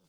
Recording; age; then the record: pig call; piglet (1 to 25 days)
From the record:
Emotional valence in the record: positive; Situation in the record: short reunion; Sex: male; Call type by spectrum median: low-frequency call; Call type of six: low-frequency tonal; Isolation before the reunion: 3 minutes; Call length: 0.09 s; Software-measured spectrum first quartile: 272 Hz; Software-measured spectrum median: 1438 Hz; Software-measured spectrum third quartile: 6779 Hz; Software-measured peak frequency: 173 Hz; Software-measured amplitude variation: 41 dB a second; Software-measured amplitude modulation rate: 5.5 a second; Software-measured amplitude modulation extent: 7.5 dB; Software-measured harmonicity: 5.8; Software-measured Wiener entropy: -2.05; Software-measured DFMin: 807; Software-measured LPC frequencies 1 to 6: 2620, 3510, 4896, 6303, 7239, 8352 Hz